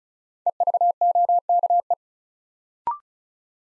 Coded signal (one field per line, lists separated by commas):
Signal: Morse code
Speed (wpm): 36 wpm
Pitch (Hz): 700 Hz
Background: none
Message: EVOKE